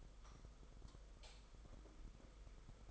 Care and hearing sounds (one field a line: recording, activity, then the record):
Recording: daily activity, microphone in the room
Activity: light off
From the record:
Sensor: 5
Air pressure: 991.1 hPa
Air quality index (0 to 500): 108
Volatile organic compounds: 24 ppm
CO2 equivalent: 2805 ppm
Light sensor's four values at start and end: 19/48/19/21 and 18/43/17/19